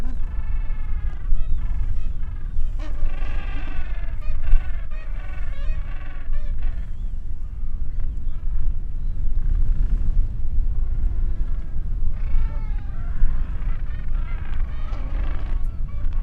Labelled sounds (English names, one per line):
Gentoo Penguin call